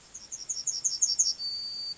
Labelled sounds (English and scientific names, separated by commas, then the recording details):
Yellowhammer (Emberiza citrinella) song
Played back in grassland
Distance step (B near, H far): C
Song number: 029